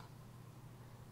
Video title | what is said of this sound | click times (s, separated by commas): Crackys Bastelnacht - Ryzen 7 5700X3D vs. 5800X3D feat. RTX 4070 Ti Super | Adapter war Effekt hat nicht eingerastet bei dem muss ich jetzt auch wieder kräftig drücken | none